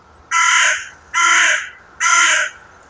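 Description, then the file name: Carrion crow uttering three hoarse, grating caws at a steady pace, each under a second long, against a low hiss. "Corvus corone"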